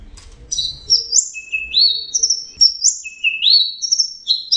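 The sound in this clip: Orange-headed thrush song: clear rising whistled slurs and high thin notes, repeated several times.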